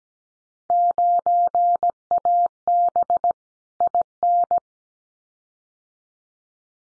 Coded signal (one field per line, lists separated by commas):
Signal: Morse code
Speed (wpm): 17 wpm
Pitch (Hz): 700 Hz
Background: none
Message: 9AB IN